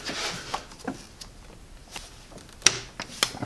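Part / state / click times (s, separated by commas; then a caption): vacuum line quick-connect into its port on the engine intake / seated / 2.7 s. On a BMW F10 with the N55 engine, during an aluminum charge pipe install, the vacuum line's plastic quick-connect fitting is pushed back onto its port on the engine intake. After some quiet rustling, a sharp click at 2.7 s marks the fitting seating, followed by a few softer ticks. The connector is confirmed seated.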